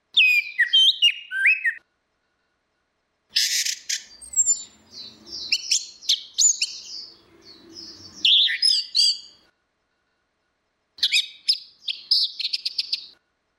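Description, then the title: Orange-headed thrush delivering three bursts of fast, high, jumbled warbling with thin whistles, separated by silent gaps of one to two seconds. "Burung Anis Merah"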